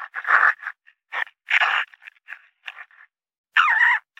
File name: Raccoon